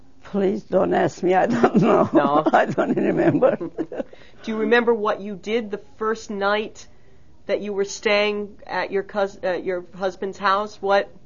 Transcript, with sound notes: Please don't ask me. I don't know. (she laughs)
No?
I don't remember.
Do you remember what you did the first night that you were staying at your cous, at your husband's house, what...